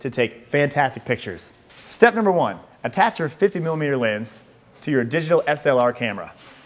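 A 50mm lens is being attached to the bayonet mount of a digital SLR camera while someone talks throughout. No click or sharp handling sound stands out over the voice, and the lens has not yet clicked or seated on the mount by the end of the clip.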